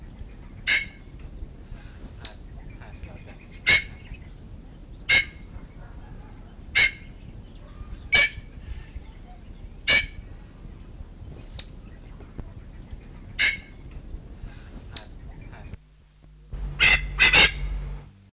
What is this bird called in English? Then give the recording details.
Lady Amherst's Pheasant. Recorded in captivity. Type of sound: call. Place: Zoo Göttingen, Niedersachsen, DE. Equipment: Halbspur, 9,5 cm/s. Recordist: Lütgens, Hans. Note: Rufe